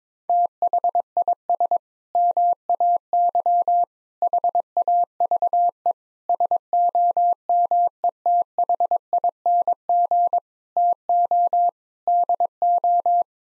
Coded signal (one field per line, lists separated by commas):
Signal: Morse code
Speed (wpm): 21 wpm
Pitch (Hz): 700 Hz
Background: none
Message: THIS MAY HAVE SOMETHING TO DO